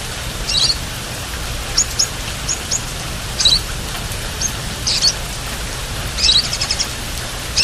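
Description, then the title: Oriental magpie-robin song: short, sharp high chirps and twittery notes in scattered bursts over steady background noise. "Kicau Kacer"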